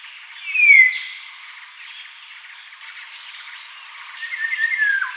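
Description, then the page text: Dark-throated oriole calls: a bright falling whistle early on, then a rougher, wavering slurred call near the end, with faint chatter throughout. "Dark-Throated Oriole Calls. Quick Sounds"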